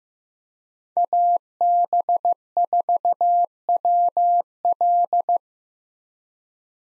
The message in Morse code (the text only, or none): AB4WL